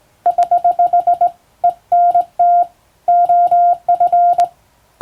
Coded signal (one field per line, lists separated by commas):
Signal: Morse code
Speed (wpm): 20 wpm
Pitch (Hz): 700 Hz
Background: none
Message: <HH> ENT OF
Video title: 今でも国家試験がある驚きのモールス符号！トン（短点）とツー（長音）で言葉を表します！昔懐かしいモールス信号を打ってみました！暗号を使うようでカッコいいかな？ morse code practice